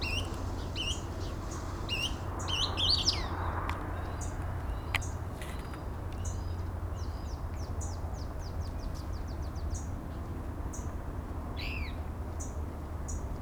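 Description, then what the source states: Couch's kingbird giving many short, high chirps and quick descending twittered notes scattered throughout, over a steady low rumble. Texas.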